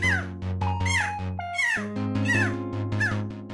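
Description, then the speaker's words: Mountain chicken giving squeaky, high-pitched barks, each a quick falling yelp, repeated several times over a steady low hum. Call described as a high-pitched bark that sounds like a dog's squeaky toy; played back as an example. "The call of the mountain chicken is a high-pitched bark that sounds a lot like a dog's squeaky toy."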